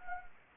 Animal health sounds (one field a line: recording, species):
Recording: mosquito wingbeat signal from an infrared sensor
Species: Anopheles gambiae